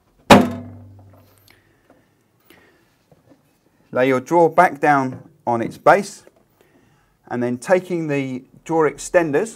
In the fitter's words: so push it until it clicks